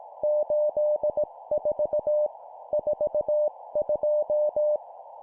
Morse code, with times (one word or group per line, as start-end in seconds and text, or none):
0.2-2.3 84
2.7-4.8 42